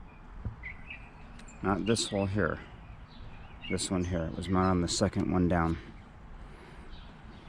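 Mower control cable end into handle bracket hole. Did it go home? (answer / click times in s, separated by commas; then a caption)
no / none. Someone talks while lining up the end of a Craftsman walk-behind mower's zone control cable at a hole in the handle bracket, the second hole down, where it was mounted before. Birds chirp faintly in the outdoor background, and a couple of brief knocks occur near 0.9 and 1.4 seconds. Nothing has snapped in yet; the cable end is only being positioned.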